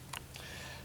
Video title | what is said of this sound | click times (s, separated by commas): A Tour Of The NHS Shetland eBikes | Once you've got it set in the position that you're happy with, then you just lock that back down. That clicks back in. | 0.2 s, 0.4 s